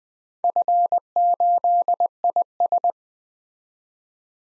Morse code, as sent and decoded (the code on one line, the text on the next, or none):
..-. ---.. .. ...
F8IS